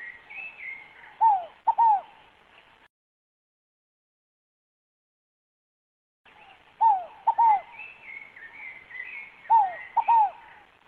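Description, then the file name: Scaled dove singing a three-part cooing phrase, falling in pitch, repeated three times. Other birds chatter and trill higher in the background. "canto da rolinha fogo pagou"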